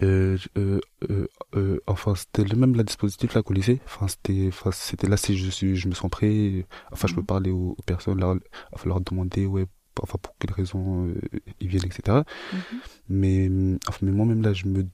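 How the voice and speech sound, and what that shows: A young man speaks French in a low, steady voice. The speech is broken by drawn-out vowel sounds, long held fillers, and frequent restarts built around the interjection 'enfin', with repeated words and short pauses. This pattern fits stuttering with prolongations and interjections.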